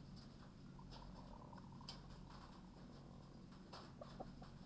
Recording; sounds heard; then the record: poultry house recording; sick chickens (respiratory disease)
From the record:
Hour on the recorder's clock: 21